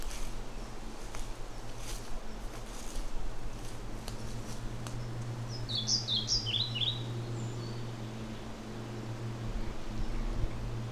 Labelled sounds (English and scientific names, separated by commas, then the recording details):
European Pied Flycatcher (Ficedula hypoleuca)
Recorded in the wild
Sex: male
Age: adult
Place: Waldsieversdorf, Märkische Schweiz, Brandenburg, DE
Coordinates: 52.5367, 14.0683
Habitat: deciduous forest
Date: 1992-05-29 13:51
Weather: light winds
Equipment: Aiwa HD-S1, Sennheiser ME 80, K 30 AV
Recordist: Frommolt, Karl-Heinz